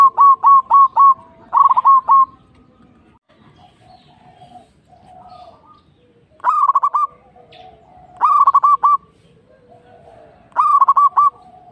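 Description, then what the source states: Zebra dove song: a run of evenly spaced coos, then several short stuttered groups of coo notes separated by pauses. Local zebra dove.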